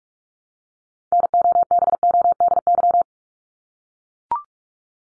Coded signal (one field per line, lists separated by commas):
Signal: Morse code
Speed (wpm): 44 wpm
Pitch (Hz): 700 Hz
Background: none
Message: NOBODY